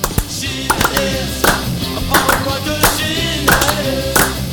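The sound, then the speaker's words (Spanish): Steady rhythmic hand clapping keeps time over loud, full music, with sharp claps landing roughly every third of a second in a regular pattern. “Espera, dejala seguir que te hacemos las palmas.”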